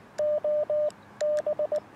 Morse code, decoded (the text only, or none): OB